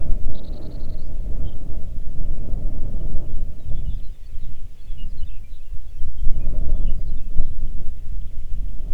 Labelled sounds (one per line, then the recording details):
songbird
wind
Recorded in the Arctic National Wildlife Refuge, Alaska, on 3 June 2019 at 04:34
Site 37